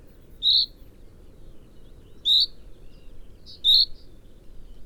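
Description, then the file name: Common chaffinch repeating a short high call note three times, about every one and a half seconds, the last preceded by a softer note; low rumbling background. "Fringilla coelebs"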